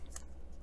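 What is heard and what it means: Plastic elevator parts of a plastic and metal Mitsubishi Zero A6M scale model aircraft are dry-fitted by pressing them together. A faint tick comes at 0.1 s, then a sharp snap at 0.2 s as the part seats and stays in place, over a steady low hum.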